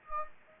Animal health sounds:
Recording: mosquito wingbeat signal from an infrared sensor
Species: Anopheles gambiae

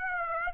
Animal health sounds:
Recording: mosquito wingbeat signal from an infrared sensor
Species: Aedes aegypti

